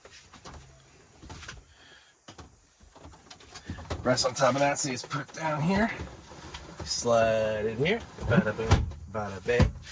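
Someone talks while the dinette table in a Livin Lite TC1 truck camper is lowered and lined up on its small side rails, ready to slide in. Only faint handling sounds are heard, with a few soft knocks around 2.3, 2.4 and 3.3 seconds. The table has not locked into place yet.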